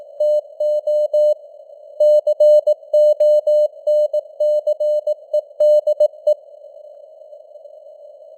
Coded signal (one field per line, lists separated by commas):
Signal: Morse code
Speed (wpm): 18 wpm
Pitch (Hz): 600 Hz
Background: none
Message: TO CONCEDE